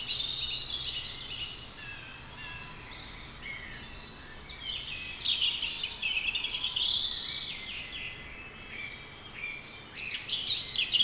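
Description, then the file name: European robin with a run of high, thin twittering and warbled phrases that rise and fall, pausing briefly, against constant low background noise. "Erithacus rubecula"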